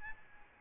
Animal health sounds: mosquito wingbeat signal from an infrared sensor; Aedes albopictus

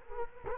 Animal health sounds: mosquito wingbeat signal from an infrared sensor; Culex quinquefasciatus

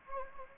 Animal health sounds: mosquito wingbeat signal from an infrared sensor; Anopheles gambiae

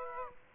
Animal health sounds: mosquito wingbeat signal from an infrared sensor; Aedes aegypti

